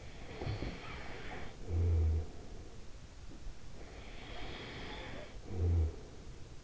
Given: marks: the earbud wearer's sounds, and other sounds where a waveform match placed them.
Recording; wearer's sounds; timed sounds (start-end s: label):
sounds in sleep by an in-ear microphone; snoring breath
0.00-2.65 s: snoring breath
3.57-6.20 s: snoring breath